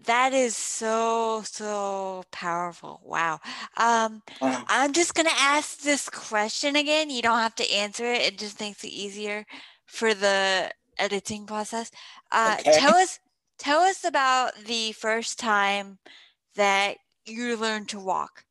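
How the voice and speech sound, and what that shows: Clear, fluent conversational speech from one adult woman asking an interview question, with ordinary pauses.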